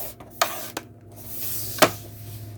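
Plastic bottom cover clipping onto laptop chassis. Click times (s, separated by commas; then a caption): 0.4 s, 0.8 s, 1.8 s. The plastic bottom cover of an HP by1700061st laptop is pressed back onto the chassis after cleaning, with faint rubbing and handling noise between sharp snaps. The clips snap into place at 0.4, 0.8 and 1.8 seconds, and the cover is seated.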